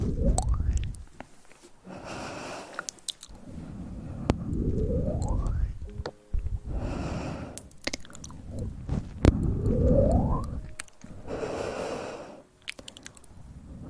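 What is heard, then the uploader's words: Very close mouth sounds, wet chewing and squishing with rising whooshes, broken every few seconds by a bright airy breath. Sounds close to the mouth!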